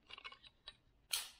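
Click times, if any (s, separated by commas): 1.1 s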